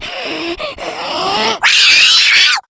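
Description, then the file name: Domestic cat screaming, wavering drawn-out yowls that rise and fall, ending in a louder, shrill, strained scream. "Gato Gritando"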